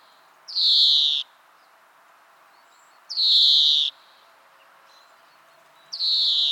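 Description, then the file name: European greenfinch repeating a long, harsh, nasal wheeze about every two and a half seconds, three times, with quiet background otherwise. "Chloris chloris"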